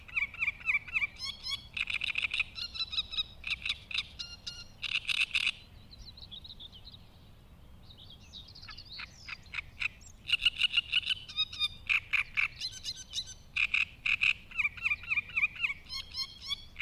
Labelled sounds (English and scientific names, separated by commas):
Great Reed Warbler (Acrocephalus arundinaceus) song